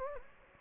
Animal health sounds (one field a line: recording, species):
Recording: mosquito wingbeat signal from an infrared sensor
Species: Anopheles gambiae